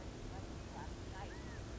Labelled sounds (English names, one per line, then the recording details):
California Quail
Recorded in Sonoma County, California